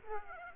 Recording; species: mosquito wingbeat signal from an infrared sensor; Aedes aegypti